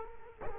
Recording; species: mosquito wingbeat signal from an infrared sensor; Culex quinquefasciatus